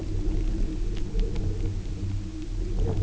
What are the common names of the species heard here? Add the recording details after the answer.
none. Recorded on Arctic tundra, site UTQI-0, on 27 June 2018. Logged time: 04:00